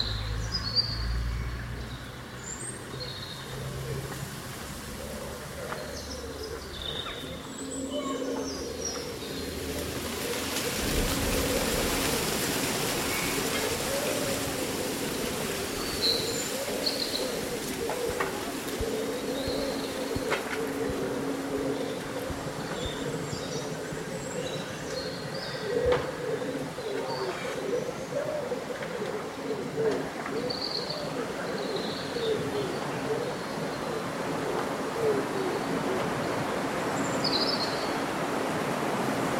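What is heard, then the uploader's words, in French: Leaves rustle steadily through the whole stretch while local birds call in short, bright chirps scattered high above, especially around the middle and near the end. Underneath runs a low, continuous hum, with a soft cooing-like tone and a brief louder swell near eleven seconds. Vent lors d’une journée d’été : Feuilles bruissantes et chants d’oiseaux. La symphonie des feuilles qui bruissent et les mélodies des oiseaux locaux.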